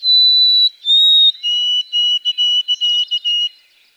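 White-throated sparrow singing: two long pure whistles, the second a touch lower, then a steady series of shorter, lower whistled notes repeated rapidly.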